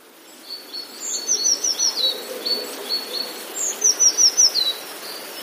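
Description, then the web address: Eurasian blue tit song: two phrases, each a thin high note followed by a quick trill of about five sweet descending notes, with fainter chirps before. "modraszkoteka"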